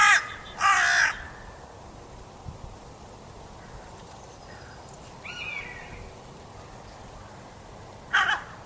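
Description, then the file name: Carrion crow calling with two loud, hoarse caws at the start, a fainter croak in the middle and one more caw at the end, with quiet background. "Corvus corone"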